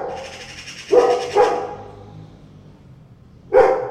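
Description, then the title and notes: Dog barking in short, sharp bursts, two close together then another after a pause. Dog reacting with concern to two cats meowing at each other. "2 cats, 2 magpies and a dog. Two cats meowing each other and two magpies and a dog concern about them"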